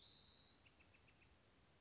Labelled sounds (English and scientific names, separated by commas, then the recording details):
Bewick's Wren (Thryomanes bewickii)
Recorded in Sonoma County, California